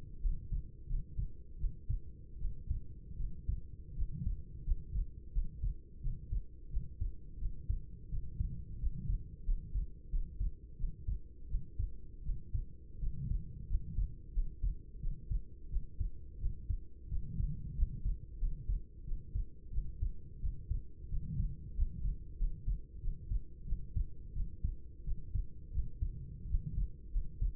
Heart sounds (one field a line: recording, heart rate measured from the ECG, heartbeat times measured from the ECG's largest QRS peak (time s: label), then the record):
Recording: heart sounds by stethoscope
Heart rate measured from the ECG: 87 bpm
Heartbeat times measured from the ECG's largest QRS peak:
0.20 s: heartbeat
0.86 s: heartbeat
1.56 s: heartbeat
2.37 s: heartbeat
3.15 s: heartbeat
3.93 s: heartbeat
4.63 s: heartbeat
5.31 s: heartbeat
5.99 s: heartbeat
6.68 s: heartbeat
7.37 s: heartbeat
8.08 s: heartbeat
8.77 s: heartbeat
9.43 s: heartbeat
10.08 s: heartbeat
10.75 s: heartbeat
11.46 s: heartbeat
12.21 s: heartbeat
12.98 s: heartbeat
13.66 s: heartbeat
14.32 s: heartbeat
14.99 s: heartbeat
15.68 s: heartbeat
16.37 s: heartbeat
17.07 s: heartbeat
17.74 s: heartbeat
18.37 s: heartbeat
19.03 s: heartbeat
19.70 s: heartbeat
20.39 s: heartbeat
21.08 s: heartbeat
21.73 s: heartbeat
22.36 s: heartbeat
22.99 s: heartbeat
23.64 s: heartbeat
24.32 s: heartbeat
25.03 s: heartbeat
25.70 s: heartbeat
26.46 s: heartbeat
27.10 s: heartbeat
From the record:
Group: healthy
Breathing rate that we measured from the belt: 14 breaths a minute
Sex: female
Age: 26 years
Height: 165 cm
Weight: 55 kg